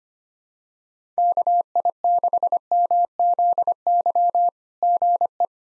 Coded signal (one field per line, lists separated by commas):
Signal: Morse code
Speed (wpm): 25 wpm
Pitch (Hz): 700 Hz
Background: none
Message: KI6MZY GE